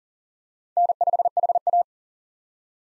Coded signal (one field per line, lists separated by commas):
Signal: Morse code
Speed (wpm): 37 wpm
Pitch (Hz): 700 Hz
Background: none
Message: N5HA